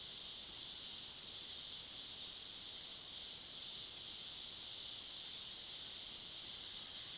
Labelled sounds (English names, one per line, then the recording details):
none
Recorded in pastures near Puerto Asís, Putumayo, Colombia, on 20 February 2024 at 14:30
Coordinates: 0.497, -76.327
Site G7276